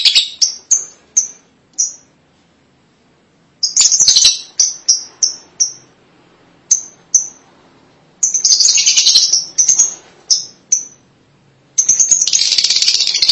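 Lovebird calls: clipped high chirps in uneven series, broken by dense bursts of harsh chattering.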